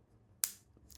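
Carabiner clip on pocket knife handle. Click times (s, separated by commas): 0.4 s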